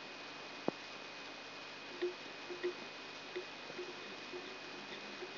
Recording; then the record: brain microelectrode recording played as sound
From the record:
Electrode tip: outside the subthalamic nucleus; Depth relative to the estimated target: -3 mm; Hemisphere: right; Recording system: AlphaMap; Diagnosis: Parkinson's disease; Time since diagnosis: 11 years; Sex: female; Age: 62 years